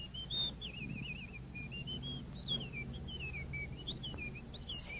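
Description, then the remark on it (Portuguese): A bird chirp added on a film's dubbed soundtrack for a stuffed bird: a steady, high-pitched warbling song that wavers up and down for several seconds, set over a low, constant rumble with no one talking. “O passarinho tá só na dublagem.”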